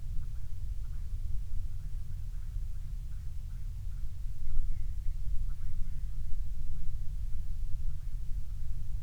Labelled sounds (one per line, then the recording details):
grouse or ptarmigan
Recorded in the Prudhoe Bay oil fields, Alaska, on 12 July 2019 at 03:01
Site 16